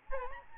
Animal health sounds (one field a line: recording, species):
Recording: mosquito wingbeat signal from an infrared sensor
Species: Aedes albopictus